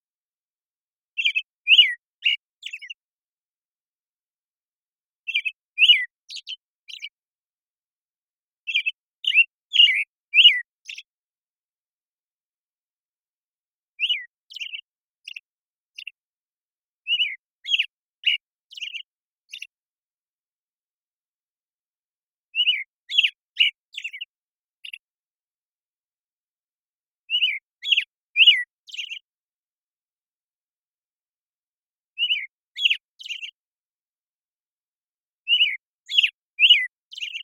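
An American Robin sings its morning song in short phrases of three to five clear, bright whistled notes, repeated every four to five seconds with brief pauses between. The background is otherwise silent.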